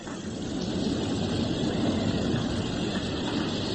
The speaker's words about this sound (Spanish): Oyes la marea, un sonido sordo. A veces en esta época del año... No, no temas, no te comerá, no es más que un ruido al fin y al cabo. Pero me alegro de que lo oigas, porque hay personas que creen que es el viento o mi imaginación.